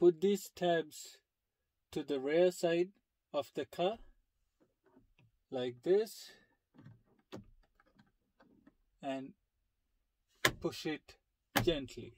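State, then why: Not seated. On a 2021 4Runner TRD Pro, during an interior LED lights upgrade, the plastic dome light lens is lined up with its tabs toward the rear of the car before being pushed gently into the roof light housing. Someone talks over faint, brief handling clicks and taps. Nothing has seated or clicked yet.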